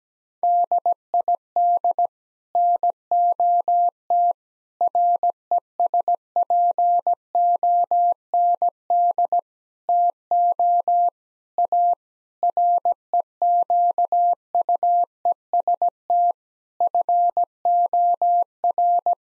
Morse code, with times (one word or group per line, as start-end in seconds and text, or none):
0.4-2.1 DID
2.6-4.3 NOT
4.8-9.4 RESPOND
9.9-11.1 TO
11.6-11.9 A
12.4-16.3 REQUEST
16.8-19.1 FOR